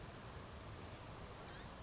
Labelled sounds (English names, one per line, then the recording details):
Blue-gray Gnatcatcher
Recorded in Sonoma County, California